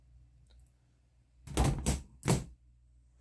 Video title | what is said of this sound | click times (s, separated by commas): moducase df60 df120 max70 max150 displays review statue collection nerd room update | and just snaps back into place to keep your stuff Out of the Dust and that's what I like so | 1.6 s, 1.9 s